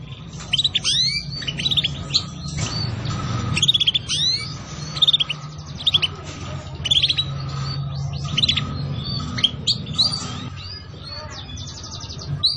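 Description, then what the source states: Canary song of repeated sharp upsweeping chirps and short trill bursts in several clusters, over a low droning hum throughout. Song used as a lure for catching birds.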